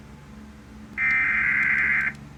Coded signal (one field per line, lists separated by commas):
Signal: Emergency Alert System (SAME) tones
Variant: header bursts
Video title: A TOTALLY CALM MONDAY (EAS Alerts from June 13, 2022, EAS 920-973)